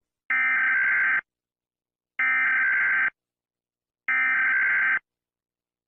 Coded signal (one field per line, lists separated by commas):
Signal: Emergency Alert System (SAME) tones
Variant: header bursts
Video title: EAS Scenario 3: Pure Insanity (Part 1)